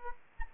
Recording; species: mosquito wingbeat signal from an infrared sensor; Aedes aegypti